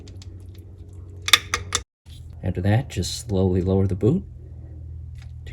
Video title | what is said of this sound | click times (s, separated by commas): Replace Mercruiser 3.0L Distributer cap rotor and points | I'm going to start with the ignition coil and feed it directly into the top distributor cap and push it all the way down until it clicks and is locked in place | 1.3 s